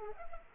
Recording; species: mosquito wingbeat signal from an infrared sensor; Culex pipiens